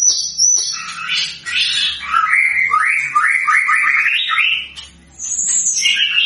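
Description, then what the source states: White-rumped shama song: rich, varied phrases of fluty notes and quick repeated slurs, then a brief pause and a high thin whistle before the final notes. Lure sound of an actively singing bird, meant to provoke a quick response from other shamas.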